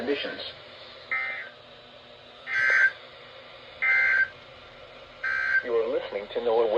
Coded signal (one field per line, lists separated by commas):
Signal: Emergency Alert System (SAME) tones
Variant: header bursts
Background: speech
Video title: Snow Squall Chaos (EAS 467-469)